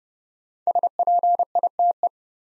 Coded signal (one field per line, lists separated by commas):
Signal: Morse code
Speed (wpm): 29 wpm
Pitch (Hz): 700 Hz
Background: none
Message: SPITE